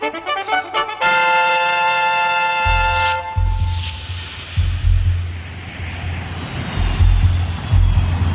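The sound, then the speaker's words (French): Droning engines of French Navy reconnaissance aircraft patrolling over the Mediterranean in December 1969: a steady, harmonic hum of propeller-like tones settles into a loud, rumbling roar with deep low-end pulses that swell and fade unevenly, with no voices. “Dimanche 29 décembre 1969, loin de l'Alaska, bien loin dans le ciel de la Méditerranée, des avions de reconnaissance de la Marine nationale patrouillent à la recherche de 5 bateaux portés disparus depuis une semaine déjà”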